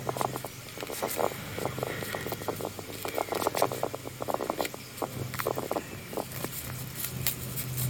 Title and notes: Our resident hedgehog 🦔. it sounds like a Geiger counter when it's sniffing things out